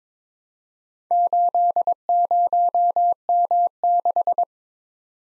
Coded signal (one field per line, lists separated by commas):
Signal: Morse code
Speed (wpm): 22 wpm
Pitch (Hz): 700 Hz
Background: none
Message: 80M6